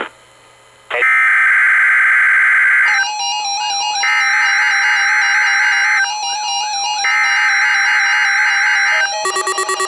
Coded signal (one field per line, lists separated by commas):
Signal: Emergency Alert System (SAME) tones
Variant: header bursts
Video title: Required Weekly Test - 08/26/20 (EAS #2,199)